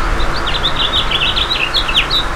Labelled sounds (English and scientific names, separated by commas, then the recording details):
House Finch (Haemorhous mexicanus) song
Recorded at Merrick on Long Island, New York, on 17 May 2013
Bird B